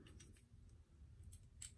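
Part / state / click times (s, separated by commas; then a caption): razor head closing onto the handle / not seated / none. A polished stainless steel Sierra safety razor head is handled as it closes onto the handle. Light metallic ticks and scrapes sound at about 0.1, 0.2, 1.3 and 1.6 s over a low steady rumble. Nothing has seated or clicked yet.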